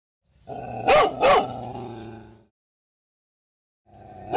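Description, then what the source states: Dog giving two loud, sharp barks close together, a pause, then another bark starting at the end. Terrifying dog barking.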